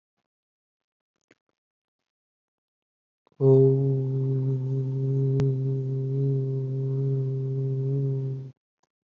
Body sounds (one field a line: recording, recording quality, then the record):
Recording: sustained vowel as in boot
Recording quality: excellent, no background noise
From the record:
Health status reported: respiratory illness, not identified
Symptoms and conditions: asthma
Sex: male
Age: 26 years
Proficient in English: yes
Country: United States